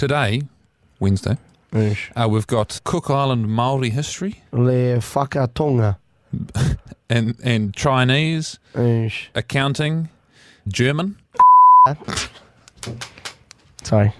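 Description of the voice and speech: An adult man reads out a list of school exam subjects in a relaxed, fluent voice, with natural pauses between items. A brief bleep tone cuts in near the end. The speech is ordinary, with no sign of a voice or speech disorder.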